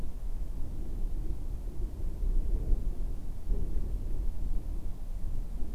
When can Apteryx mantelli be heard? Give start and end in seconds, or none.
none